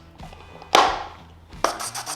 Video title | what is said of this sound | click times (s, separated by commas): REAL COST to Maintain a Lamborghini Gallardo at Home! *Price May Shock You* | and with the new o-ring on we can take oil filter and it'll just click into place | 0.8 s, 1.6 s